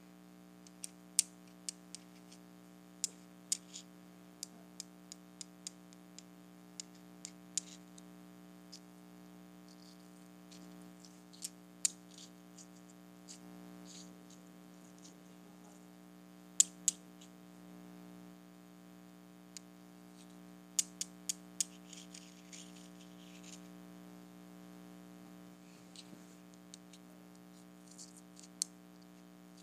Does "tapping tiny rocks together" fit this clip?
yes